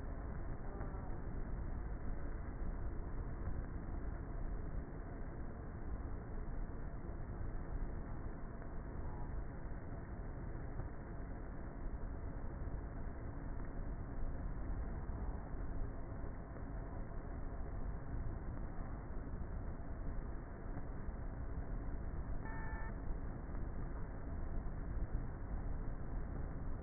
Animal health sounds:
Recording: honeybee colony, microphone inside the hive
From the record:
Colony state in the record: queenless with a low population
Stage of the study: before two queens were removed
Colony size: about 30,000 bees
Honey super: no

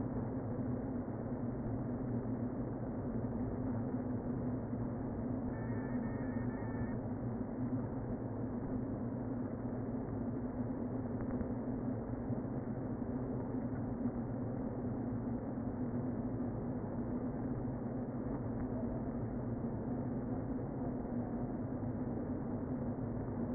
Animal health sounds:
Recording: honeybee colony, microphone inside the hive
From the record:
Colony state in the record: queen present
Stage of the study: before two queens were removed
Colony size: about 60,000 bees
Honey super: yes

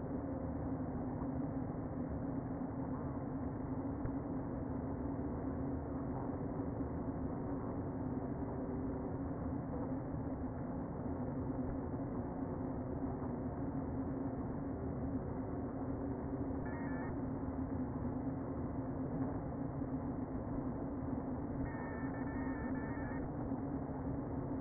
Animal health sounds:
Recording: honeybee colony, microphone inside the hive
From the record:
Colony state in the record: queen present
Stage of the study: before two queens were removed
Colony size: about 60,000 bees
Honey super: yes

